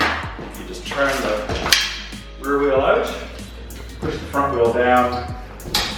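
Someone talks while unfolding a 2018 Birdy folding bicycle, turning the rear wheel out and pushing the front wheel down to swing the front wheel and fork around toward the frame latch. Sharp handling knocks are heard around 1.7 s and 5.8 s as the parts are moved. The clip ends before the front wheel fold latch clicks into place, so nothing has seated yet.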